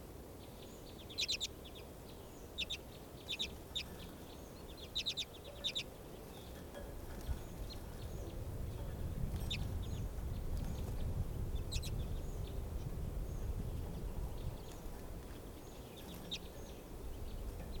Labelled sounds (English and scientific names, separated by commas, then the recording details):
Common Redpoll (Carduelis flammea) call
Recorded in captivity
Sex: male
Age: adult
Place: Serrahn, Mecklenburg-Vorpommern, DE
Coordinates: 53.667, 12.347
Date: 1978-01-02
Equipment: Nagra III BH, Sennheiser MD 21
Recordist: Schubert, Michael
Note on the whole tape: Birkenzeisig gekäfigtes adult Männchen Nr. 2 (Carduelis hornemanni exilipes, 76mm)